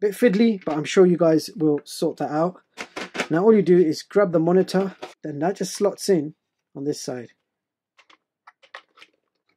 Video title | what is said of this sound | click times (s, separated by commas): 2018 Coolest Tech for Under $100 - #8 - Latest Gadgets You Must See - MARCH 2018 | you go just make sure it clicks so you don't want that falling off so that's proper secure now | 8.8 s